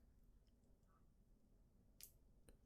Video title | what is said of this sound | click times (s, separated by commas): AirPods Pro | Just like so. Once you hear a click, it is in there. | 2.5 s